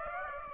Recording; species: mosquito wingbeat signal from an infrared sensor; Aedes aegypti